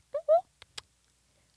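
Two brief high-pitched voiced bursts, rising in pitch, then quiet clicks: a simple vocal tic in an adult woman who has long lived with Tourette syndrome. The tic is like a sneeze: it can be held in, but eventually it has to happen.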